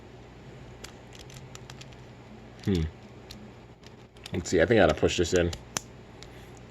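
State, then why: Seated. A plastic Beyblade Burst GT spinning-top part is pushed back into its slot in the layer, with faint light ticks of handling early on while someone talks. A sharp, loud click at 5.8 s shows the part has seated in place.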